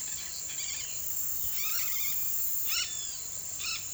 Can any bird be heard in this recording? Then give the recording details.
yes. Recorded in pastures near Puerto Asís, Putumayo, Colombia, on 8 March 2025 at 17:30. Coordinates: 0.487, -76.322. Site G077